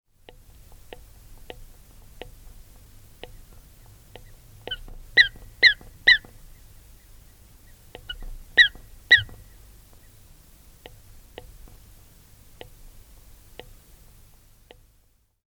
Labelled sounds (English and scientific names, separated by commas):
Canada Goose (Branta canadensis)